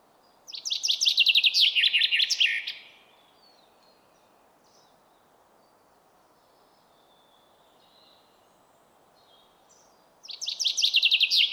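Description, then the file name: Common chaffinch song: a fast series of bright notes falling in pitch and ending in a flourish, then a second song starting about ten seconds later, cut off at the end. "Fringilla coelebs"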